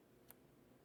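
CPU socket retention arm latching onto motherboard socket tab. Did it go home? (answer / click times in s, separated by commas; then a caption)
yes / 0.3 s. A metal CPU socket retention arm, lowered over the CPU and slid slightly to the right, is pushed down under its tab on the motherboard socket. A single short, sharp click at 0.3 s stands out over a low, steady background. The arm locks into place and, when checked, does not come out, so it is seated.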